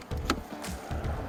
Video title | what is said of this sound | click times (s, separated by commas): How easy is the Public Charging Network to use? Join us on our little road trip! | into the car that will lock itself in place | 0.3 s